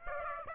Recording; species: mosquito wingbeat signal from an infrared sensor; Aedes aegypti